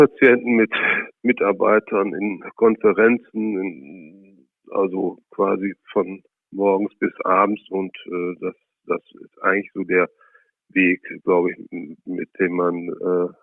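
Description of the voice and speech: Adult man speaking German with stretched sounds and frequent pauses: mild stuttering, mainly prolongations with few blocks. He has stuttered since childhood, with severe blocks at school until about age 25, and now stutters only mildly in everyday life.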